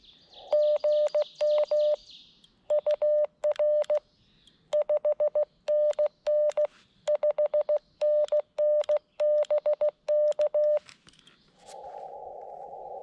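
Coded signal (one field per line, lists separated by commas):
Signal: Morse code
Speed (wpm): 16 wpm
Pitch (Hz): 600 Hz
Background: none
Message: GM UR 5NN 5NN BK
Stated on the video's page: CW POTA activation at a state forest using an FX-4CR at 5 watts with Emtech ZM-2 tuner, 41-foot random wire and 17-foot counterpoise.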